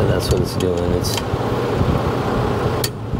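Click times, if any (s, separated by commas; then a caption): 2.8 s. A small torque wrench on a fastener is turned again after the fastener has already reached torque while someone talks over a steady background hum. At 2.8 s it gives a sharp click without turning the fastener any further, confirming it is at torque.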